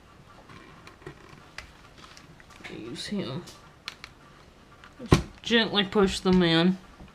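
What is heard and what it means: Someone talks while a metal battery contact is gently pushed into the plastic battery compartment of a Game Boy DMG handheld console during a cloudy-screen repair. Faint handling taps are followed by a sharp hit, but nothing has seated or clicked into place yet.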